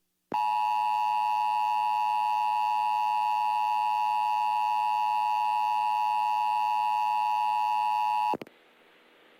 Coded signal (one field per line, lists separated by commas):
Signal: Emergency Alert System (SAME) tones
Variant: 853 and 960 Hz attention tone